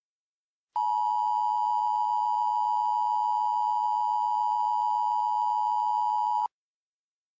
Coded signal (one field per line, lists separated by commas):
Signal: Emergency Alert System (SAME) tones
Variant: 853 and 960 Hz attention tone